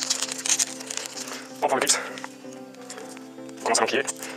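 A metal retaining clip is handled as it is started onto a fuel injector on the fuel rail of a Peugeot 407 coupé, 307 CC or saloon, with rustling and small handling noises over background music while someone talks. The clip has not snapped home yet and nothing has seated.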